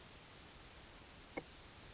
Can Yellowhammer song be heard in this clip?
no